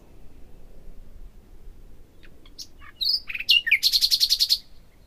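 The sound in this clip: Common nightingale song: a few seconds of faint background with a few soft notes, then swooping whistles leading into a quick series of loud, buzzy repeated notes.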